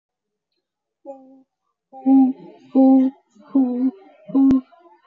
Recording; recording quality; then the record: sustained vowel as in boot; moderate, slight background noise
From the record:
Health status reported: exposed to COVID-19, no respiratory illness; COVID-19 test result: negative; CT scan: not taken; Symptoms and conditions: cold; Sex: female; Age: 39 years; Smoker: no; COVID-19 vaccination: both doses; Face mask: worn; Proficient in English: yes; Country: India